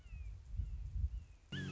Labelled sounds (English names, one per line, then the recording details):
Red-shouldered Hawk
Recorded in Sonoma County, California